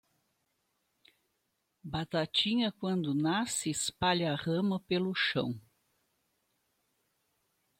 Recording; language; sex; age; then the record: short text; Brazilian Portuguese; female; 70 to 79 years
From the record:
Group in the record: control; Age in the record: 74 years